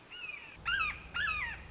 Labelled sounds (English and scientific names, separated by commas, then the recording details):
Red-shouldered Hawk (Buteo lineatus)
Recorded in Sonoma County, California